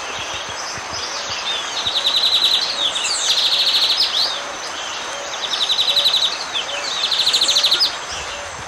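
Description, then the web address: Lesson's seedeater song: high, buzzy rapid trills, each about a second long, repeated several times and mixed with sharp chirps, over steady background noise. Eastern lowlands of South America. "Natures Songs S America Eastern Lowlands. Lesson's Seedeater"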